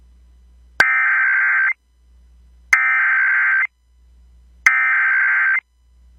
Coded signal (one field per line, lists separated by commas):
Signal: Emergency Alert System (SAME) tones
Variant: header bursts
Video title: EAS amber alert for 8 year old girl in Texas